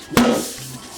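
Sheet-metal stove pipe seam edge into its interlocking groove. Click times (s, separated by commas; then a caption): 0.2 s. The interlocking seam of a sheet-metal stove pipe section, which would not quite snap, is squeezed so its edge bottoms out in the groove. It snaps into place with a sharp metallic snap at 0.2 s, followed by a fading ring. The seam is seated.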